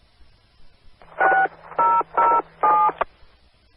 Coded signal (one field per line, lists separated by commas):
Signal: DTMF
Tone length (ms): 240 ms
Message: 6007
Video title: 2013-05-19 - KS0LNK 444.850 Mhz K-Link Repeater System